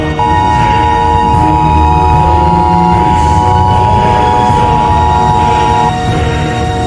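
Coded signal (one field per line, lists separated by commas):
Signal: Emergency Alert System (SAME) tones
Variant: 853 and 960 Hz attention tone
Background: music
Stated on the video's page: Simulated EAS scenario.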